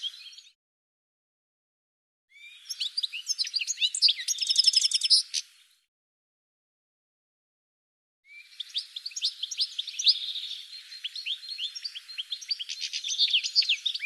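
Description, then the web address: Bird singing a brief fragment, then two separate bouts of rapid, high twittering and trilled notes, each lasting several seconds, divided by long stretches of silence. "cianscape birddata"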